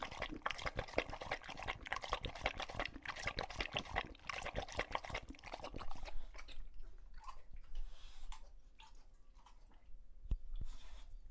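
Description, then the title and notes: English Bulldog lapping water hard and fast for about six seconds, then scattered soft sounds and a faint clink. Male English Bulldog named Lucho drinking from a water bowl after a long walk, breathing heavily and out of breath between drinks. "English Bulldog Drinks from Water Bowl - Weird Sounds. listen to Lucho the English Bulldog as he tries to drink water after a long walk. Don't let his heavy breathing fool you in between drinks, he's equally out of breath from the walk"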